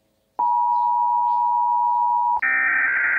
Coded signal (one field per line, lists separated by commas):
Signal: Emergency Alert System (SAME) tones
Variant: 853 and 960 Hz attention tone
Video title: THE ACTUAL EAS ALARM FOR ALL U.S STATES